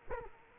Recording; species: mosquito wingbeat signal from an infrared sensor; Culex quinquefasciatus